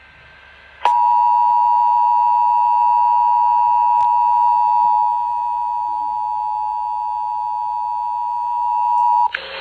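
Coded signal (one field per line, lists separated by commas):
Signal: Emergency Alert System (SAME) tones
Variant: 853 and 960 Hz attention tone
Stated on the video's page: National Periodic Test received on FM and TV, with audio failure.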